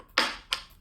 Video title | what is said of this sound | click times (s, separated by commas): E-ACI LEARNING CORE 1 - NETWORKING - PART 3 - 11 Episodes 3.5 | you'll hear that click that's why it's called a punchdown tool and it strips it embeds and then | 0.2 s